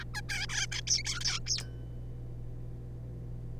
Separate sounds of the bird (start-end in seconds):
0.01-0.04, 0.14-0.21, 0.29-0.46, 0.49-0.67, 0.72-0.81, 0.87-1.03, 1.04-1.20, 1.21-1.40, 1.46-1.60